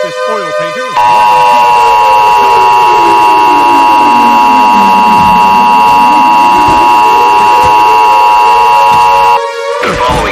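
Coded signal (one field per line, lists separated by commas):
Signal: Emergency Alert System (SAME) tones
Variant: 853 and 960 Hz attention tone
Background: speech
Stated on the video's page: Mock EAS alert, not a real one.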